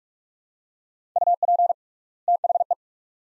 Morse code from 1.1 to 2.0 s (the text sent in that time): UP